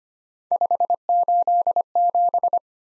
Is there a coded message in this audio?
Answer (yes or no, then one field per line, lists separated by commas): yes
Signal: Morse code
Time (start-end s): 0.5-2.6 s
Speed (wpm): 25 wpm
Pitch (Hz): 700 Hz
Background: none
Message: 587